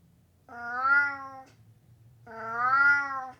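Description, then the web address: Burmese cat uttering two long, even meows in quick succession, each swelling in loudness then fading before breaking off, with a low hum behind. "The BBC Sound Effects Library. Burmese Cat Meowing"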